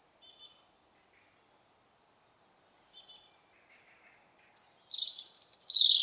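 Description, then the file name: European robin gives two brief, thin high whistled phrases, a pause, then a loud jumbled tumble of squeaky, warbling notes. "Erithacus rubecula"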